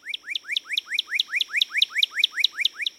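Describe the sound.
Northern Cardinal song, a fast, even series of many rising slurred whistles.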